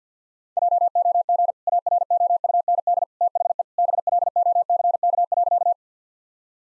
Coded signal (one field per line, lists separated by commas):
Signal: Morse code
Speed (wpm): 50 wpm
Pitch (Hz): 700 Hz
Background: none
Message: JOG AROUND THE BLOCK.